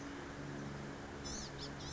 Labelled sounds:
Blue-gray Gnatcatcher (Polioptila caerulea)
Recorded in Sonoma County, California

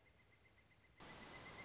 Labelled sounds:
Pileated Woodpecker (Dryocopus pileatus)
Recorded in Sonoma County, California

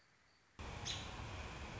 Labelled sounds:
American Robin (Turdus migratorius)
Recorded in Sonoma County, California

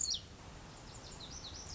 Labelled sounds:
Lazuli Bunting (Passerina amoena)
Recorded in Sonoma County, California

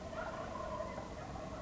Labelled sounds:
Wild Turkey (Meleagris gallopavo)
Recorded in Sonoma County, California

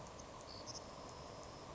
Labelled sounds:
Savannah Sparrow (Passerculus sandwichensis)
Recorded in Sonoma County, California

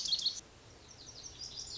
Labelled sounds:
Lazuli Bunting (Passerina amoena)
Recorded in Sonoma County, California

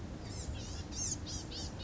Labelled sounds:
Blue-gray Gnatcatcher (Polioptila caerulea)
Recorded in Sonoma County, California

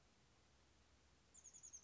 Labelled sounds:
Chestnut-backed Chickadee (Poecile rufescens)
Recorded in Sonoma County, California

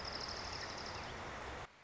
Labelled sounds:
Orange-crowned Warbler (Leiothlypis celata)
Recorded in Sonoma County, California

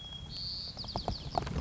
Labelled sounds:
White-crowned Sparrow (Zonotrichia leucophrys)
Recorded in Sonoma County, California

